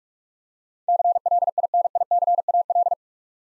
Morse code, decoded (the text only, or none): CLINICAL